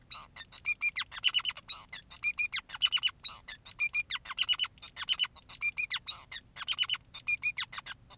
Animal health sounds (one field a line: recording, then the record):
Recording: song of a male Bengalese finch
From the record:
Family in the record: son of father 2, and himself father 5